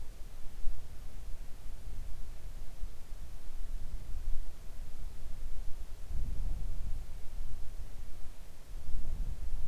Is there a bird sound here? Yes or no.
no